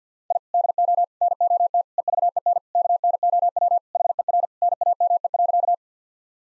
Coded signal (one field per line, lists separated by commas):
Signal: Morse code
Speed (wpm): 50 wpm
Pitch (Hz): 700 Hz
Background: none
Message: I DO NOT EVEN KNOW HER NAME.